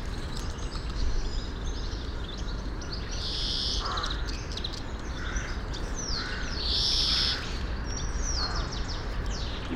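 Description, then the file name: European greenfinch calling with two long nasal buzzes and a few short sliding notes, over constant low rumbling noise and some lower, softer sounds. "Chloris chloris"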